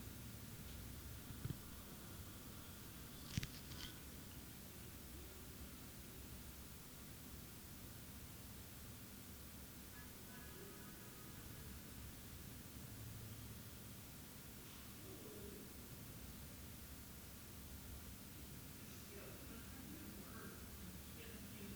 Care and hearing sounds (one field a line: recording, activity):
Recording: daily activity, guitar pickup as the sensor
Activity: stand